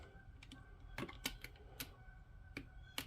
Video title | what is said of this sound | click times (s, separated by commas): A Detailed waverunner XL800 GP800 TOP END BUILD | There's the click. | 3.0 s